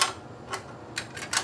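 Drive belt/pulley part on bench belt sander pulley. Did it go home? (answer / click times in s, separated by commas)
yes / 1.0 s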